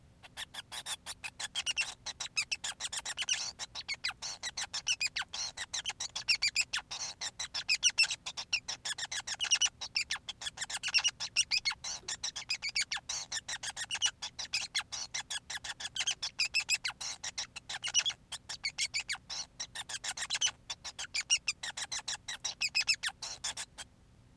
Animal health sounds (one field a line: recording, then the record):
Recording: song of a male Bengalese finch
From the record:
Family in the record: son of father 5